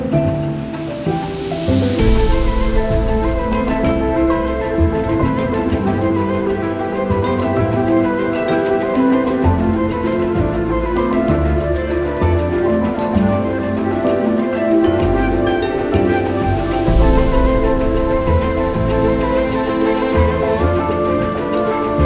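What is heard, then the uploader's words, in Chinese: Piano music plays with a thunderstorm behind it. Slow, sustained notes and soft chords ring over one another at a steady, even level, and a hiss of rain runs underneath throughout, swelling briefly near the start and again toward the end. 鋼琴音樂配合雷雨的聲音。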